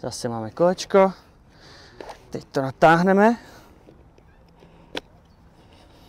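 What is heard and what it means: Someone talks while stretching a replacement elastic rebound spring to fit it into the lower frame of a kangaroo jumping boot. After the talking stops there are only quiet handling noises and one brief sharp tick near 5.0 s. The spring has not seated or clicked into the frame yet.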